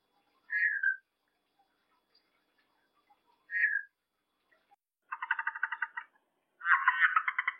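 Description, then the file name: Red-eyed tree frog producing two short down-slurred chirps followed by two longer rattling, pulsed bursts in quiet surroundings. "red eye tree frog calling"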